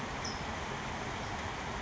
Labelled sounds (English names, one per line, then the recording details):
California Towhee
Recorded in Sonoma County, California